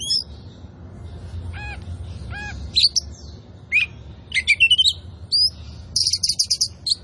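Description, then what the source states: Oriental magpie-robin song opening with a few clear whistles, then a fast run of sweeping notes and a closing series of high rapid chips. Indonesian "kacer poci" form of the Oriental magpie-robin, described as "gacor", meaning singing vigorously and continuously.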